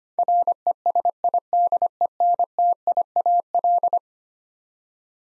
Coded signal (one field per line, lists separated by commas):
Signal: Morse code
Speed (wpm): 25 wpm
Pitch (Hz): 700 Hz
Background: none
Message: RESIDENTIAL